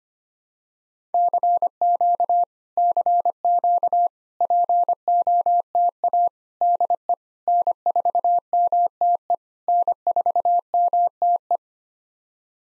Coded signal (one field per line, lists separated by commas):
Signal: Morse code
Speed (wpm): 25 wpm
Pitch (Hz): 700 Hz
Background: none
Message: CQ CQ POTA DE N4MTE N4MTE